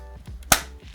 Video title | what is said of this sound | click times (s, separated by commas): PomaBrush - The Most Powerful Silicone Electric Toothbrush? - Tech I Want Reviews | the one of the most satisfying parts about this is that snap right there | 0.5 s